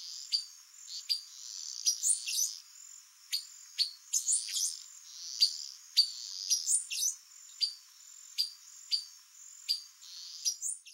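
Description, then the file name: Silver-beaked tanager: a busy run of thin, metallic down-slurred chips, sometimes in quick pairs or triplets, against a steady high hiss. "Canto do pipira vermelha"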